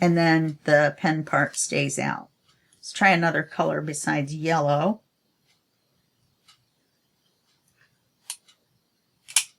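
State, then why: Seated. Someone talks, then slides a color selector down on a 10-color retractable pen and pushes it in until it snaps, with sharp clicks at 8.3 s and 9.4 s. The plastic refill latches down and locks in the writing position, and pushing one down makes the other pop up.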